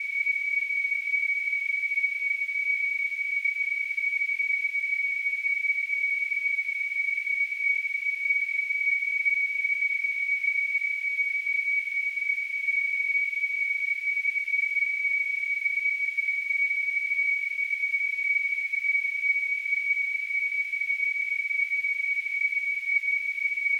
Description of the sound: Tinnitus.